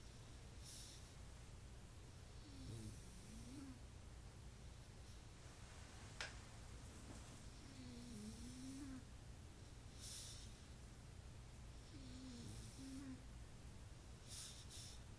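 Three pitched, wavering snores come at a regular pace, about one every four to five seconds (roughly 13 breaths a minute), each with a fluttering, whistly tone. This is a funny snore from Riley, a sleeping pug, heard over a steady low hum in the room.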